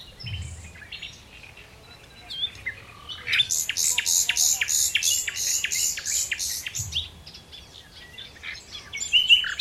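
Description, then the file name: Common nightingale song: a high rapid series of repeated pulsed notes over about three seconds, with scattered sharp whistles before and after, against quiet background hiss. "Luscinia megarhynchos"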